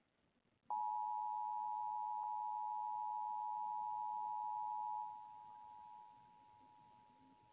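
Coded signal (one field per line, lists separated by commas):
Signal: Emergency Alert System (SAME) tones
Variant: 853 and 960 Hz attention tone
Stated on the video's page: EAS nuclear power plant test, recorded at a home in Williamsburg, Virginia.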